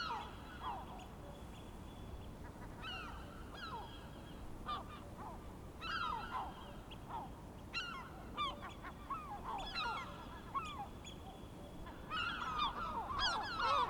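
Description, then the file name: Gulls giving scattered harsh falling cries in short bursts, quieter gaps of background hiss between, a louder cluster of overlapping calls near the end. Recorded on 23 May 2004. "Mouettes 040523"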